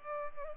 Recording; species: mosquito wingbeat signal from an infrared sensor; Culex pipiens